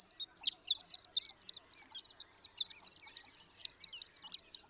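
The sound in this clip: Horned lark song in a short burst of high, jumbled tinkling chips, irregularly spaced.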